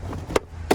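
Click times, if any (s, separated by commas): none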